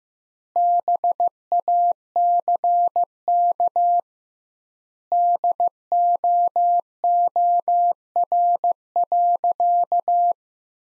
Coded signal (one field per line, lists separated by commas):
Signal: Morse code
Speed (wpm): 15 wpm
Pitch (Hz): 700 Hz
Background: none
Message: BACK DOOR.